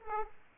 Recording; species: mosquito wingbeat signal from an infrared sensor; Aedes aegypti